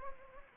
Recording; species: mosquito wingbeat signal from an infrared sensor; Anopheles gambiae